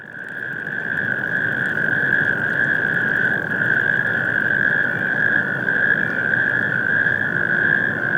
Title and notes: Mainufer, Mainaschaff, Deutschland. Kreuzkröten - Kreuzkröten auf der Industriebrache Stockstadt Kai 6. So hören sie sich in der warmen Frühlingsnacht am kurz vor 22 Uhr von Mainaschaff aus an